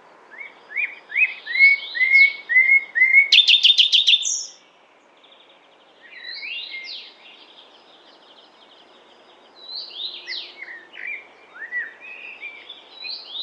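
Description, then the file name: Common nightingale song with repeated whistled notes building to a dry rattling burst, then quieter varied phrases of sweeping chirps after a short silence. "Luscinia megarhynchos"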